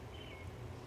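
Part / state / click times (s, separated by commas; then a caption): plastic insert pushed into the base of a self-watering raised-bed planter / not seated / none. A plastic insert, the first of its kind, is handled while being pushed toward the bottom of a self-watering raised-bed planter. Only a steady low rumble with a faint high tone is heard, with no sharp hits. Nothing has seated or snapped into place yet.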